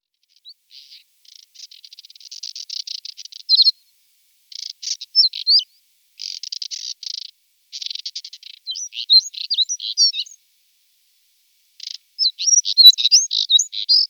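Moussier's redstart song: scratchy rattled trills alternating with quick high whistled notes that twist up and down, delivered in short bursts with pauses between.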